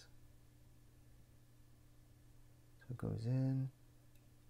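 A small internal part is handled and lined up in the slide of a Springfield Hellcat (Hellcat Pro) pistol during reassembly, before being pressed home. Quiet handling sits over a steady low hum, and someone talks briefly around 3 seconds. Nothing has seated or clicked yet.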